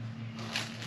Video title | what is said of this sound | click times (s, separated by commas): Replacing Radiator and Headlights on 2005 Toyota Sequoia | wants to snap in place. | 0.6 s